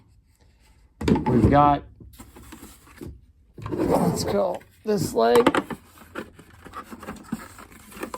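A plastic leg is being handled and lined up with the hip socket of a large plastic Jurassic World Rebirth Super Colossal Tyrannosaurus Rex figure while someone talks. Faint handling taps and light scrapes come between the speech. The leg has not snapped into the body yet, and nothing has seated.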